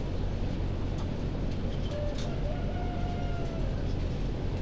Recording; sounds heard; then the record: poultry house recording; healthy chickens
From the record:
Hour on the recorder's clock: 1